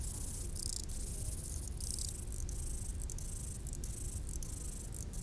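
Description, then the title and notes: Grasshopper stridulation as repeated short rasping bursts and some longer buzzy phrases, over a constant low rumble. Grasshoppers stridulating on a roadside bank beside the road to the Mont du Chat television relay, 1500 m altitude, Le Bourget-du-Lac, France; distant valley noise in background. "D42, 73370 Le Bourget-du-Lac, France - insectes du talus. Route du relais télévision du Mont du Chat à 1500m d'altitude les stridulations des criquets sur le talus et les bruits lointains de la vallée en arrière plan"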